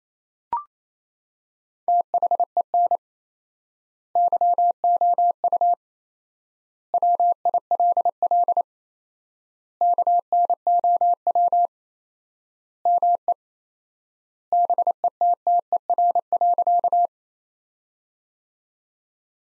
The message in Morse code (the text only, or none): THEN YOU WILL KNOW ME BETTER.